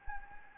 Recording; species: mosquito wingbeat signal from an infrared sensor; Anopheles gambiae